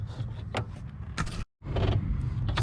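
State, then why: Seated. An LED fog light bulb for a Chevy Colorado is inserted into the fog lamp housing with its clips lined up, then twisted until it locks. Scraping and handling sounds sit over a low background rumble, with a brief silence in the middle. A small click at 2.6 s marks the bulb seating, with its gasket flush against the housing.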